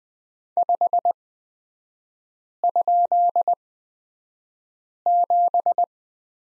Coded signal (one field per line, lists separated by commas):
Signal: Morse code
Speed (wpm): 20 wpm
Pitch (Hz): 700 Hz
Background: none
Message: 5?7